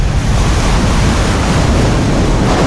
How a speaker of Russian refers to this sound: Под этим мостом дно реки приходит в движение. Возникает воронка, которая быстро расширяется, обрушивая свод тоннеля метро. Речная вода хлынула в тоннель.